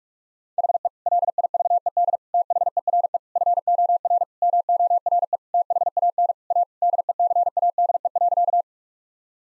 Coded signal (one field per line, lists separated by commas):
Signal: Morse code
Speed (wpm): 46 wpm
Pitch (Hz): 700 Hz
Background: none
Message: HE LIVED THERE FOR MORE THAN A DECADE.